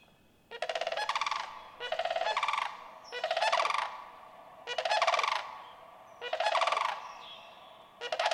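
Sandhill crane calling: loud, rolling, rattled trumpeting notes in bursts about a second long, repeated roughly every one and a half to two seconds.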